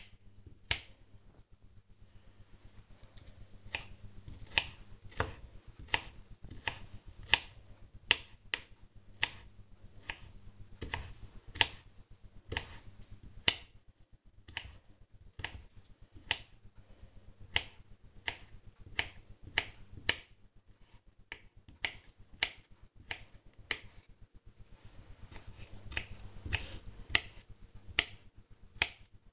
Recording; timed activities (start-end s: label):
household activities, microphone on the right wrist
0.00-29.33 s: cutting vegetables